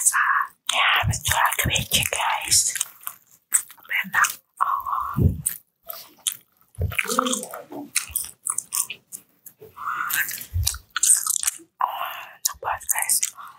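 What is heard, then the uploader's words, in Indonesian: Dry macaroni snacks being bitten and chewed, a steady run of sharp, bright crunches every fraction of a second with brief pauses between bursts. Soft mouth sounds and a few short murmured words mix in, and the crunching continues through the whole stretch. Makaroni Kering Beserta Jajarannya.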